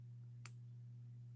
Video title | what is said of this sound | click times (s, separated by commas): LIVE JEWELRY SALE FRIDAY 2/20/26 @ 10:00pm Eastern Time. C'MON NIGHT OWLS! 🦉💛💫✨🌟 | Can you hear the snap? | 0.5 s